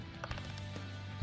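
The secondary air filter of a Norton Clipper high-speed saw's air intake is pressed into its plastic filter housing during reassembly, over a steady low hum. A sharp snap at 0.2 s is followed by two softer clicks just after, and the filter is seated in place.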